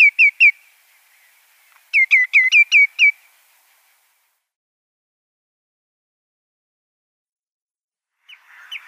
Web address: Schulze Peter Greenshank nestling